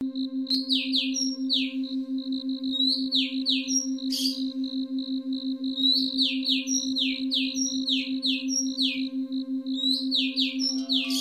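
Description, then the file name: Oriental magpie-robin song, varied clear whistles and quick downslurred notes in rapid phrases, over a steady pulsing electronic hum and a ticking high tone throughout. "kacer"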